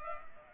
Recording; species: mosquito wingbeat signal from an infrared sensor; Culex pipiens